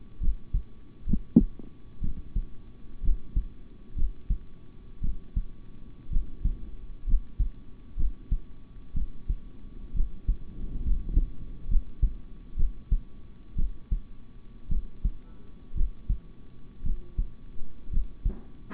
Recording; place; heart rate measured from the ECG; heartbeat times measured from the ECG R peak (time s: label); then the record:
heart sounds by stethoscope; between the tricuspid and mitral areas; 61 bpm
0.20 s: heartbeat
1.06 s: heartbeat
2.01 s: heartbeat
3.02 s: heartbeat
3.95 s: heartbeat
5.01 s: heartbeat
6.10 s: heartbeat
7.06 s: heartbeat
7.96 s: heartbeat
8.93 s: heartbeat
9.93 s: heartbeat
10.82 s: heartbeat
11.68 s: heartbeat
12.56 s: heartbeat
13.55 s: heartbeat
14.68 s: heartbeat
15.74 s: heartbeat
16.83 s: heartbeat
17.90 s: heartbeat
From the record:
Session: rest, sitting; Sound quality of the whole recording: good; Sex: male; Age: 26 years